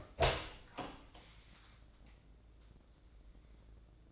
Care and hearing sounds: daily activity, microphone in the room; open door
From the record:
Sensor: 3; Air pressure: 1012.3 hPa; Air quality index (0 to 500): 175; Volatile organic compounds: 3 ppm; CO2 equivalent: 1340 ppm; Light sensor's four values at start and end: 604/1501/622/640 and 605/1503/623/641

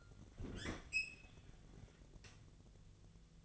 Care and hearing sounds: daily activity, microphone in the room; open fridge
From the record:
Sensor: 4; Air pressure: 1000.9 hPa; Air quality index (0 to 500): 132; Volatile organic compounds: 2 ppm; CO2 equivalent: 983 ppm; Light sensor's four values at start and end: 27/65/27/29 and 25/61/25/28

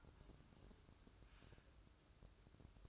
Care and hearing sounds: daily activity, microphone in the room; take from stove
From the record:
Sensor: 2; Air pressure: 1008.0 hPa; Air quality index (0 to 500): 110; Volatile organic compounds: 1 ppm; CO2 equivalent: 825 ppm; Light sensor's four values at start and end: 6/15/6/6 and 6/15/6/6

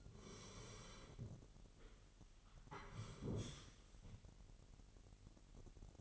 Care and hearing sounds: daily activity, microphone in the room; sit down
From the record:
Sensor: 4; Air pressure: 999.3 hPa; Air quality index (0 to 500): 111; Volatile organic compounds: 2 ppm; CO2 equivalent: 1098 ppm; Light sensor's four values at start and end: 11/25/10/11 and 11/26/10/11

